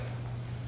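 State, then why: Not seated. An electrical connector is pushed back into its socket on an ATV wiring harness, and it fails to click into place, possibly because it is in the wrong way round. A steady low hum runs under broadband noise, with a brief rise in level at 0.7 s. Nothing has clicked yet.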